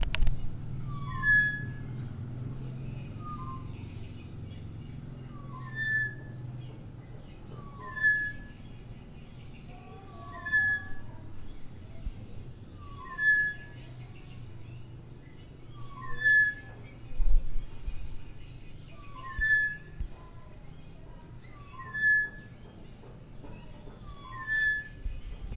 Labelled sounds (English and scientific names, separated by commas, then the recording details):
Tropical Boubou (Laniarius major)
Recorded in Lake Mburo, Uganda